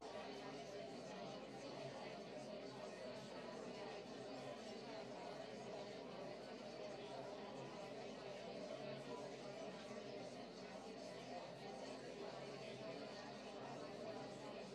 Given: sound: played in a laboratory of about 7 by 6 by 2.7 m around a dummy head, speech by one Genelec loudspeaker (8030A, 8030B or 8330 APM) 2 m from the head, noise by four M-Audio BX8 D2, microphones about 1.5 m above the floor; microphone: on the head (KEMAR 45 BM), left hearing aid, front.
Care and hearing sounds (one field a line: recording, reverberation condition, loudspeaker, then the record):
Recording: babble noise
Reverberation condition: low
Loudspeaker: four, about 170 cm from the corners of the room and facing them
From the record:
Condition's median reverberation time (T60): about 310 ms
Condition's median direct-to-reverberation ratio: about 3.5 dB